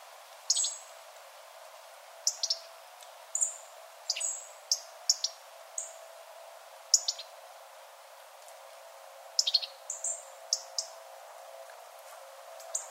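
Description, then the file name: European robin calls: brief, sharp, high clicks repeated irregularly, sometimes in quick pairs, over a constant background hum. "Erithacus rubecula"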